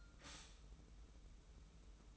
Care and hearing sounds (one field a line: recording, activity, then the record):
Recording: daily activity, microphone in the room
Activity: stop toaster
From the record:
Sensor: 1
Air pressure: 990.7 hPa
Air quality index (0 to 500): 144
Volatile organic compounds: 863 ppm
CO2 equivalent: 5180 ppm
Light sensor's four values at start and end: 21/50/21/23 and 21/50/21/23